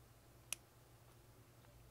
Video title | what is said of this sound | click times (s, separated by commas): M*CARBO Taurus G3/G2 Trigger Spring Kit - How To Install | So, I just heard a little click. | 0.5 s